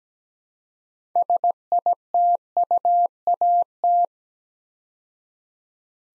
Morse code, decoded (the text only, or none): SITUAT